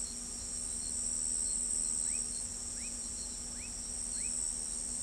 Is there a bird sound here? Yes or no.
no